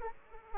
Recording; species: mosquito wingbeat signal from an infrared sensor; Aedes aegypti